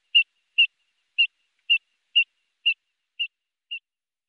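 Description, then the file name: Eurasian dotterel call: a run of nine short, sharp whistles about half a second apart, the last few softer, with nothing else audible. "Fjallpipare"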